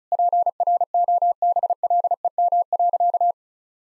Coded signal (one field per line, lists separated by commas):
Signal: Morse code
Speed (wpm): 36 wpm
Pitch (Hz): 700 Hz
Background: none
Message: PROBLEM.